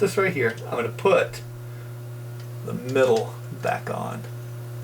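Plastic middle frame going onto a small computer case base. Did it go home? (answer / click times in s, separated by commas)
no / none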